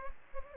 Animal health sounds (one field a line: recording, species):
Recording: mosquito wingbeat signal from an infrared sensor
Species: Anopheles gambiae